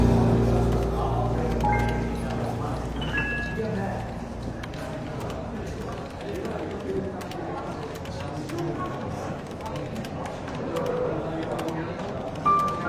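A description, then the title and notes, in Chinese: Soft chatter fills a bookshop café, a steady murmur of overlapping voices with no single speaker standing out. Sustained low tones and brief pitched notes suggest gentle jazz underneath, strongest early on. Short clinks and taps recur throughout, with a sharper knock near the end. 伦敦书店咖啡馆轻微喧闹氛围与柔和轻松的爵士背景音乐。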